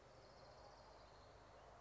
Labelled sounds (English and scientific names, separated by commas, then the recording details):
Orange-crowned Warbler (Leiothlypis celata)
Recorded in Sonoma County, California